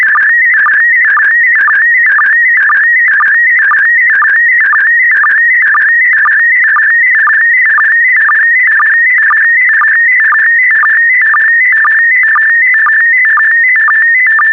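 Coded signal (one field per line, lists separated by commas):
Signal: SSTV (slow-scan television)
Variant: PD120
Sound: steady warbling whistle stepping between pitches, with a short low blip about twice per second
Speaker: transmission complete you can now check your decoded image against the picture that is shown on the video that concludes the daily transmission of slow scan tv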